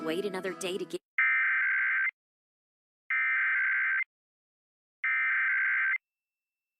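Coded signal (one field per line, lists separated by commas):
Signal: Emergency Alert System (SAME) tones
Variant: header bursts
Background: speech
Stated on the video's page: Ohio Required Monthly Test, civil authorities, relayed on two FM stations and two TV stations.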